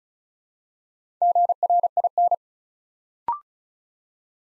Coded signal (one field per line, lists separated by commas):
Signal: Morse code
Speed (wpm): 36 wpm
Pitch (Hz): 700 Hz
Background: none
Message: GRIN